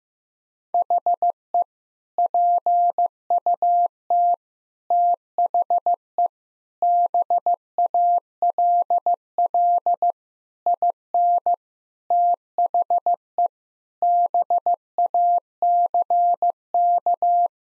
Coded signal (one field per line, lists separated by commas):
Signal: Morse code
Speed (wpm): 15 wpm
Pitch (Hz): 700 Hz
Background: none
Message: HE PUT THE BALL IN THE BACK